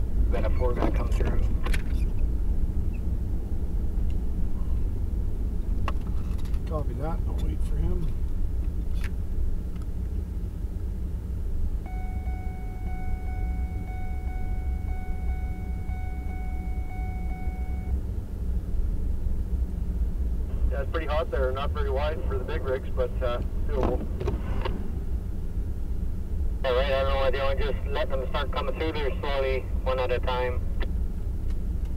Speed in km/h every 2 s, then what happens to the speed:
41, 41, 39, 28, 18, 14, 11, 10, 11, 17, 23, 23, 21, 19, 17, 18.
4-12 brakes to 11. 16-20 speeds up to 23. 20-28 slows to 17.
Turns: none.